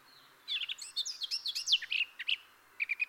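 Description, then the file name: Eurasian blackcap song: a short hurried phrase of jumbled warbling and fluty whistles, ending with a few clear repeated notes. "Sylvia atricapilla"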